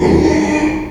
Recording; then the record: squeal of a Yucatan mini pig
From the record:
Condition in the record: after surgery on the right vocal fold (resection and tissue-engineered implant); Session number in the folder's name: 2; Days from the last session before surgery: 13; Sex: male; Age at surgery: 12 weeks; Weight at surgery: 13 kg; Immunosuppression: cyclosporine, prednisolone